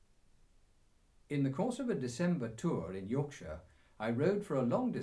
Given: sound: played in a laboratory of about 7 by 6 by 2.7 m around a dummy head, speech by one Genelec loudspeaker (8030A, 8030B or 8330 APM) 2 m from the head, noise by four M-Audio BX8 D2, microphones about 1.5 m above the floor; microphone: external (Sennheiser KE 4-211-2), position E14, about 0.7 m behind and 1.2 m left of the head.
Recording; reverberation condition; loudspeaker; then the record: male speech in English; low; 60 degrees to the left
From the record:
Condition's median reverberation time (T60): about 310 ms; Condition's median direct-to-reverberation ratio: about 3.5 dB